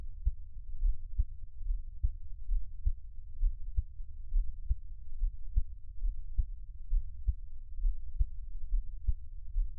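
Steady, regular low thumps at about 69 beats a minute: an ordinary adult heartbeat, heard close up.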